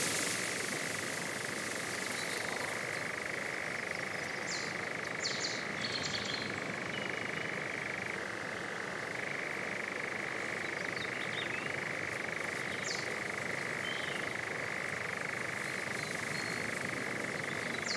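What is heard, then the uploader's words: Outdoor sounds along an overgrown path: a steady, dense rushing hiss fills the whole stretch, with a constant high thin tone running underneath. Short bright bird calls break through now and then, clustered around five to six seconds and again near thirteen and seventeen. The Old Railway Path - Chris Watson. Composer and sound recordist Chris Watson follows the overgrown railway path between Aldeburgh and Saxmundham. Recording an array of elemental, animal and bird sounds.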